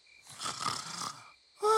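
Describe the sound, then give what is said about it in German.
A puppy, Rubble from Paw Patrol, snores in his doghouse at night with one long, raspy, rumbling breath, followed after a short pause by a high, whistling wheeze. There is no talking. “Aber Rubble schnarchte schon.”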